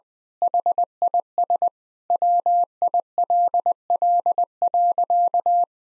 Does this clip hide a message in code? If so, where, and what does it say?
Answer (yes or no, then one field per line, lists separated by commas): yes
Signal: Morse code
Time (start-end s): 0.4-5.6 s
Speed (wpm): 20 wpm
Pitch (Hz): 700 Hz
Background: none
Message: HIS WILL.